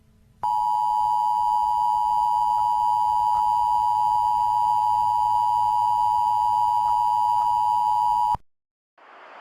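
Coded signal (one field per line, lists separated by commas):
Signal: Emergency Alert System (SAME) tones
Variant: 853 and 960 Hz attention tone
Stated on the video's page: Fictional zombie-virus EAS scenario in analog horror style, not a real alert.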